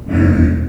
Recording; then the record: squeal of a Yucatan mini pig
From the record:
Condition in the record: after surgery on the right vocal fold (resection and tissue-engineered implant); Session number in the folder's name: 7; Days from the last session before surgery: 47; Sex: female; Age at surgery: 19 weeks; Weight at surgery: 25 kg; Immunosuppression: prednisolone